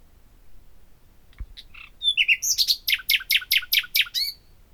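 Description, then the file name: Common nightingale song: a few soft introductory notes and a single low thump, then a loud, steady series of several repeated throaty notes. "Luscinia megarhynchos"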